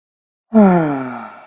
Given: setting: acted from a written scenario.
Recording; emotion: vocal sound without words; ecstasy